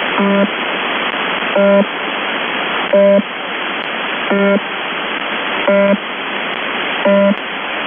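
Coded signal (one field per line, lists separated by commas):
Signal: numbers station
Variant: UVB-76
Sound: six short low harsh buzzes, evenly spaced about 1.4 seconds apart, over constant static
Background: radio static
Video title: UVB-76/ The Buzzer Voice Message January 19, 2022 07:58 UTC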